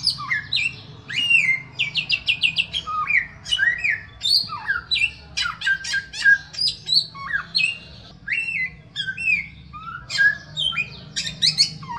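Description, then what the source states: Bird song, a rich varied run of whistled slurs, sharp chips and rapid stacked notes, falling and rising phrases packed densely, over a steady low hum. A song variation in the samyong style.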